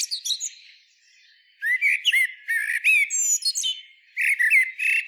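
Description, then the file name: Common blackbird uttering fast, shrill twitters and squeaks in several dense bursts separated by short silences, notes varied and slurred. "Turdus merula"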